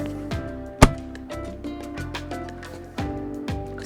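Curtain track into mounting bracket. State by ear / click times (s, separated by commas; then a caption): not seated / none. A curtain track is pressed back into its final position in its mounting bracket, recorded close up over steady background music. There is one sharp knock at about 0.8 s and a few fainter taps and bumps after it. The track has not snapped home yet, and no click is heard.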